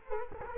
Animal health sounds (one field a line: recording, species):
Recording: mosquito wingbeat signal from an infrared sensor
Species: Culex quinquefasciatus